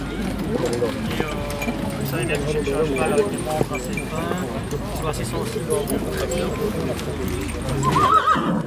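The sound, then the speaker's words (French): A heavy draft horse named Crac, an Ardennais crossed with a Franche-Montagne, whinnies in rising, wavering calls at a small farm fair in Semel, 2019. Its hooves clop steadily as it walks, driven, with a busy murmur of voices throughout and a sharper, higher neigh near the end. “Le cheval est un croisement d'un Ardennais avec un Franche-Montagne.”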